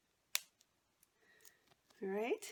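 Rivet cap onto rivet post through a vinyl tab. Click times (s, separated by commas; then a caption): 0.4 s. A rivet cap piece is placed on top of a rivet post sticking through a vinyl snap tab and pressed down, giving a sharp, loud click at 0.4 s as it clicks on. A few faint ticks follow, then someone talks near the end. The cap is seated on the post.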